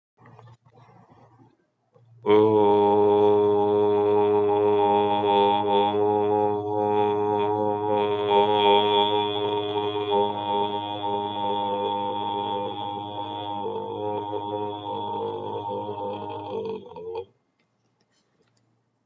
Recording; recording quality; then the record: sustained vowel as in boot; excellent, no background noise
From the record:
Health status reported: healthy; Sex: male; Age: 53 years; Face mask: not worn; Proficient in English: yes